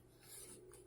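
A SATA data cable is pushed into the hard drive's data port inside a Hikvision DVR/NVR, giving a soft sliding rub followed by a small click at 0.7 seconds. The cable is seated in the port.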